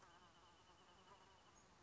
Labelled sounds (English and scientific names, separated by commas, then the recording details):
Wrentit (Chamaea fasciata)
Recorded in Sonoma County, California